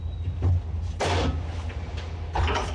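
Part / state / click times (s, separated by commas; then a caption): mower assembly part locking onto the mower deck/frame / seated / 1.0 s, 2.4 s. During reassembly of a Bolens 11A-B0BL765 mower, a part is pressed down on one side until it locks, then on the other side, onto the mower deck/frame. Two sharp snap-like hits ring out at 1.0 s and 2.4 s over a low steady hum. The assembly snaps into place and is seated.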